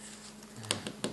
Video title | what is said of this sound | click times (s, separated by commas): Experiments 4.1.1: Questions: 555 Timer Experiment - Question 1 | just use that replace this here make sure it clicks in well | 0.7 s, 1.0 s